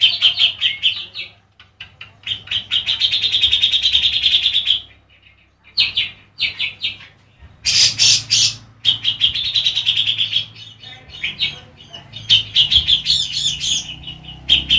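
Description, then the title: Oriental magpie-robin song, a long run of rapid, varied chirps and warbled trills with brief sharp bursts, pausing briefly several times before resuming, over a faint low hum. "Kicau Kacer"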